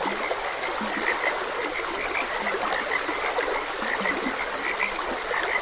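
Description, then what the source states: Frogs croak in quick short bursts alongside a few lower, drawn-out calls, with flowing stream water throughout. Frogs croaking beside a gentle stream.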